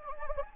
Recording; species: mosquito wingbeat signal from an infrared sensor; Anopheles gambiae